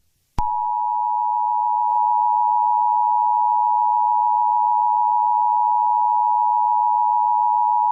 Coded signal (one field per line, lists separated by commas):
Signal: Emergency Alert System (SAME) tones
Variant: 853 and 960 Hz attention tone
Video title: EAS Scenario: Transfur Infection (Based on Changed) (PART 1)